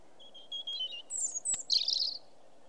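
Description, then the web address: European robin song, thin high whistled notes sliding down, then a bright twittering flourish, over a steady low hiss. "The BBC Sound Effects Library. Robin song"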